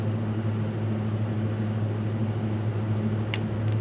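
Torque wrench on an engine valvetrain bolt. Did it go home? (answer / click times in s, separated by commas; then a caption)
yes / 3.3 s. A torque wrench tightens a bolt on an engine during a valvetrain install, against a steady low hum. A single sharp click sounds at 3.3 s as the wrench reaches its torque setting.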